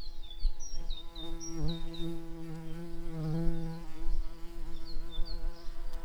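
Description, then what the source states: Garden bumblebee buzzing in a steady low hum with rich overtones, pitch wavering slightly, while a small bird chirps repeated short high notes in the background. Garden bumblebee workers.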